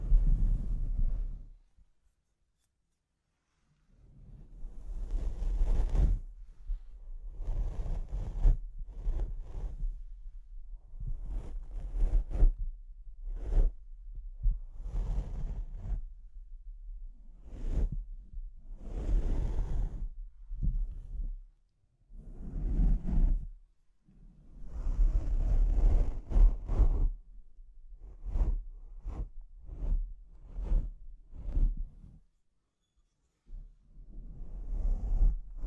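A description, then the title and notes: Scratching and rubbing on a microphone, in irregular bursts of rough scraping and thumping with a heavy low rumble. The bursts come every second or so, with brief quiet gaps near the start, around 21 seconds and around 33 seconds. ASMR Brain Melting Mic Scratching (No Talking).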